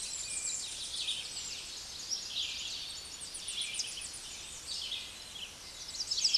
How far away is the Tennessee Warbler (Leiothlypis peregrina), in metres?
about 25 m